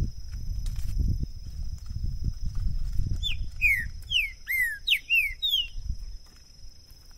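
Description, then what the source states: Green-winged saltator gives a burst of ringing, down-slurred whistles against constant low rumbling noise and a thin steady high tone. Used to warm up a bird for singing competition; two birds taken into the woods; calling, singing and male territorial display (macheando); 2022.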